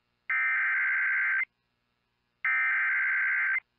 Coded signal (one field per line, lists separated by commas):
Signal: Emergency Alert System (SAME) tones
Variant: header bursts